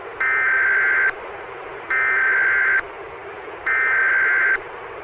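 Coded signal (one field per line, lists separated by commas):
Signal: Emergency Alert System (SAME) tones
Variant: header bursts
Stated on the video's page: Fictional EAS scenario, analog horror.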